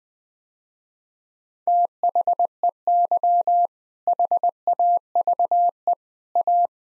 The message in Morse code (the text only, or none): THEY HAVE A